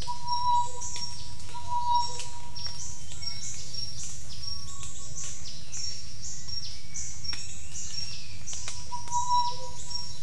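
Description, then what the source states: Bird calls, clear whistled notes at start and end, with a rapid series of falling high chirps through the middle over a steady low rumble. Jungle at Mungku Baru, Central Kalimantan, Indonesia.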